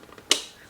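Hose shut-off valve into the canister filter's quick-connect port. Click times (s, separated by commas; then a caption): 0.3 s. The second shut-off valve on the hose is pushed down onto the quick-connect port of a plastic VEVOR 225GPH 2-stage canister aquarium filter with UV light, rated for 55 gallons. A few faint ticks come first, then one sharp, bright snap at 0.3 s that quickly dies away. The valve clicks in and locks in place on the port.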